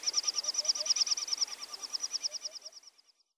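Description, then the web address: Little bustard giving a fast series of sharp, high whistled pulses that gradually weaken and fade out near the end. "Outarde. canepetiere"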